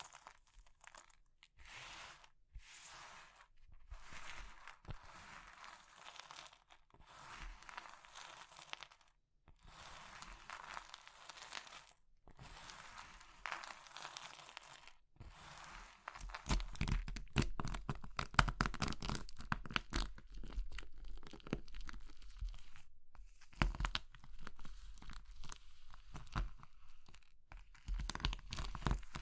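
Crushing of soap, chalk, meringue and pastel, heard as bursts of dry crunching and crumbling separated by short pauses. The first half comes in distinct squeezes; after about sixteen seconds the crushing grows louder and denser, with a low thud underneath and sharper cracks.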